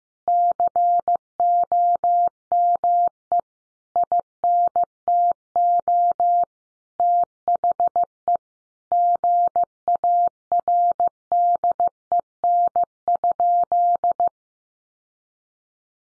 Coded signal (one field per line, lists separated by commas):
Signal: Morse code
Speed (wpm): 15 wpm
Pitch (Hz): 700 Hz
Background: none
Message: COME INTO THE GARDEN?